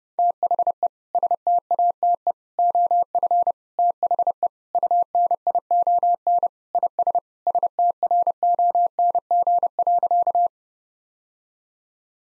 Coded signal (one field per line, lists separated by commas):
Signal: Morse code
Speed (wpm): 30 wpm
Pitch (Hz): 700 Hz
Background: none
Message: THE STATE OF THE UNION IS STRONG.